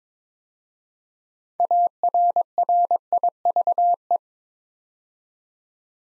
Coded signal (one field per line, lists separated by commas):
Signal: Morse code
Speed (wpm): 22 wpm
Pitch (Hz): 700 Hz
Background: none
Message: ARRIVE